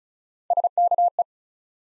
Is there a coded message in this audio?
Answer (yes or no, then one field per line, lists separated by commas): yes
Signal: Morse code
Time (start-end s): 0.5-1.2 s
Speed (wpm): 36 wpm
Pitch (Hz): 700 Hz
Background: none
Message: SKE